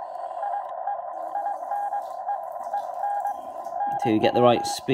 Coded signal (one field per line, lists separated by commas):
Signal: Morse code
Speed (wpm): 22 wpm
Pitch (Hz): 810 Hz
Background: speech, radio noise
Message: IE INE EN NW